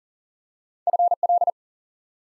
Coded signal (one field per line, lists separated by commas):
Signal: Morse code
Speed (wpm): 42 wpm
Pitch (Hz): 700 Hz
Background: none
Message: FL